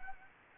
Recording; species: mosquito wingbeat signal from an infrared sensor; Anopheles gambiae